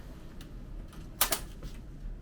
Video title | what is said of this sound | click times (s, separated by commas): ThinkSystem SR950 V3 installing a top cover | Lift the locking latches on both sides of the rails, and then push the server all the way into the rack until it clicks into place. | 1.2 s, 1.3 s